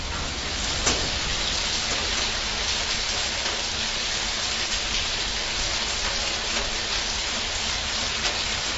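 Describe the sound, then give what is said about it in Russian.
Steady rain pours down outside in a dense, even hiss that holds for the whole stretch, with a few faint sharper patters standing out now and then and no voices. “Это дождь. Идет дождь.”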